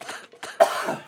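Three quick coughs, the last loudest and longest, from an adult man with a sinus infection.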